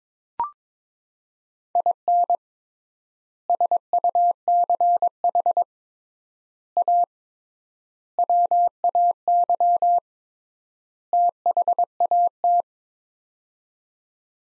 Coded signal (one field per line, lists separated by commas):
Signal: Morse code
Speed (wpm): 22 wpm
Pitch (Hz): 700 Hz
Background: none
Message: IN SUCH A WAY THAT